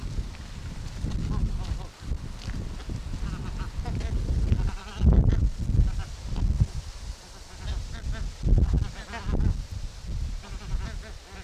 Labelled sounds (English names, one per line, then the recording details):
Bar-headed Goose call
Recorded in captivity
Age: adult
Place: Wildlife Park Shubenacadie, Nova Scotia, CA
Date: 1991-10-10 12:19
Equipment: Sony WM-D6C, Sony ECM-939 LT (Stereo), Kopie Uher 4400 IC
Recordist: Frommolt, Karl-Heinz